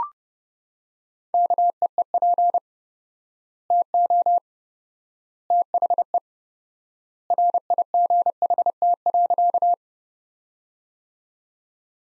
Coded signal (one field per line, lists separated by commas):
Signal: Morse code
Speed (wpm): 32 wpm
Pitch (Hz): 700 Hz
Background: none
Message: KEEP TO THE RIGHT.